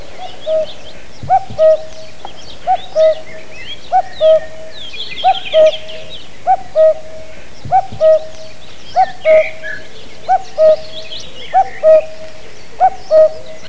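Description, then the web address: Bird giving short, low, steady hoots repeated roughly every 1.3 seconds, with faint chirps and twittering from other birds above them. "动物鸟叫声素材"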